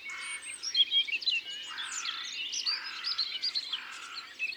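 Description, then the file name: Carrion crow cawing: several hoarse, grating caws spaced throughout, set against a dense background of songbird chatter and whistles. "Corneille noire ABC des chants doiseaux"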